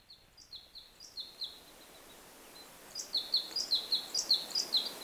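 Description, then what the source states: Red crossbill calls: a run of short, sharp high chirps that fades, then resumes louder in a quick run. One or several red crossbills in a Colorado forest, possibly early spring, foothills with ponderosa pine and Douglas fir; they pitch their voices above the low roar of wind in the needles.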